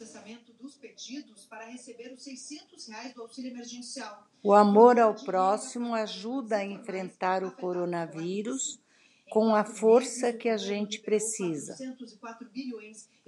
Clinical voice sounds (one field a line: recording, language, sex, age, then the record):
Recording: spoken sentence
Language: Brazilian Portuguese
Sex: female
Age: 70 to 79 years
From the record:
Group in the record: control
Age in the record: 70 years